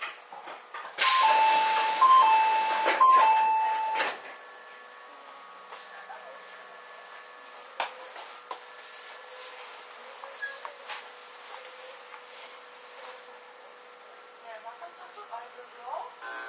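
An Izu Kyuko 8000 series train interior: a loud chime-like tone pattern and rushing noise for four seconds, then a steady low running hum with faint clicks.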